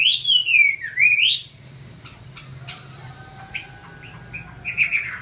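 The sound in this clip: Chinese hwamei song: a loud rich whistle that dips and rises, followed by soft scattered notes and a brief closing whistled phrase.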